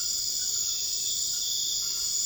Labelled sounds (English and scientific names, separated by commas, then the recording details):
none
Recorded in secondary vegetation near Puerto Asís, Putumayo, Colombia, on 13 March 2025 at 00:00
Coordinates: 0.488, -76.319
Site G095